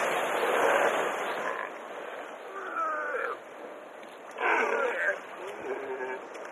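Seal or sea lion calls: several hoarse, harmonic wailing cries, the loudest at the start and near the middle, over steady hiss.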